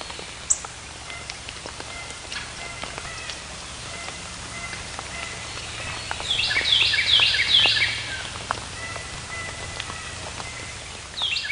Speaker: Yeah, that was a Carolina wren that was screaming in the foreground.